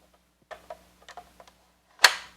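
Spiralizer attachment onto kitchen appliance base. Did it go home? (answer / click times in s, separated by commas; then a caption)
yes / 2.0 s. A zucchini-noodle spiralizer attachment is fitted onto a kitchen appliance base. Several small ticks sound while it is lined up, then a loud, sharp click at 2.1 s marks it snapping into place and locking.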